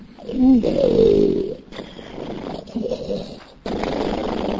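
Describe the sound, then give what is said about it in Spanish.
A person's loud, rasping snores that rumble like a lion's roar. A wavering, throaty growl opens the sequence, followed by rough noisy breaths with brief pauses between them. “Se iban, y allí el problema era, ¿y si me toca uno que ronca? Yo no duermo. Y hay esos que parecen leones enjaulados.”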